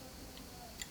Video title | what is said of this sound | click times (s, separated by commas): Construisez la Citroën DS 19 1/6 @hachettecollections6087 12/13/14/15 | Il vient juste se clipser ici. | 0.8 s